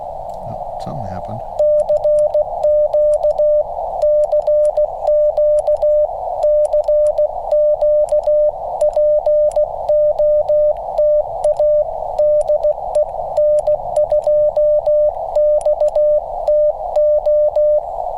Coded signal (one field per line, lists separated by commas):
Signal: Morse code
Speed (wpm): 16 wpm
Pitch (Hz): 600 Hz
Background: speech, radio noise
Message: CQ CQ CQ POTA DE N2XTO